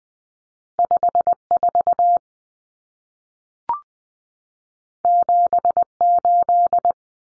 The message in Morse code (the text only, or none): 54 78